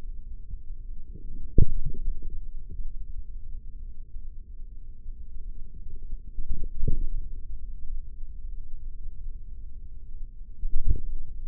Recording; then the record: forearm muscle sounds (acoustic myography)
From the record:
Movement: forearm pronation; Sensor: system 3, bracelet of six PUI Audio POM-2738L microphones around the upper forearm, with dedicated amplification and filtering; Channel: 2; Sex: male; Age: 55 years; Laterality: right